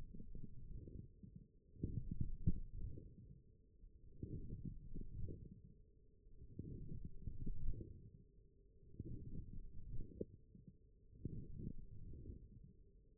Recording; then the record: forearm muscle sounds (acoustic myography)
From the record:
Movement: forearm pronation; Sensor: system 1, eight BSWA MPA416 microphones around the upper forearm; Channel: 4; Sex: male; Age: 42 years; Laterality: right